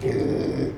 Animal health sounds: contact call of a hoofed animal; pig; closed-mouth grunt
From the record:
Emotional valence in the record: negative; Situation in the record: short social isolation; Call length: 0.78 s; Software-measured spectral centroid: 1430 Hz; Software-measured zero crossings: 960 a second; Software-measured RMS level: -24 dBFS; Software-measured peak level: -13 dBFS

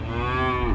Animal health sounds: contact call of a hoofed animal; cattle; low-frequency (closed-mouth) or high-frequency (open-mouth) call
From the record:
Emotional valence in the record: negative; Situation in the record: full separation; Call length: 0.75 s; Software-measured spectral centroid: 1480 Hz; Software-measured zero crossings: 1530 a second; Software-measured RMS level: -24 dBFS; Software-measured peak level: -12 dBFS

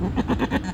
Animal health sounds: contact call of a hoofed animal; goat; low-frequency (closed-mouth) or high-frequency (open-mouth) call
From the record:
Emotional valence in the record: negative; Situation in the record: short social isolation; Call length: 0.75 s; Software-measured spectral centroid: 1450 Hz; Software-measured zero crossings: 960 a second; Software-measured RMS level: -24 dBFS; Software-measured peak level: -9 dBFS

